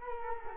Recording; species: mosquito wingbeat signal from an infrared sensor; Culex quinquefasciatus